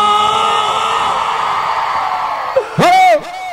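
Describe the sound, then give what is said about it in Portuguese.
A live concert audience, asked by the performer to shout if they liked it, holds a long, loud collective shout, then one piercing whoop sweeps up in pitch and cuts off near the end, with a few scattered cries around it. “Gostou, dá um grito!”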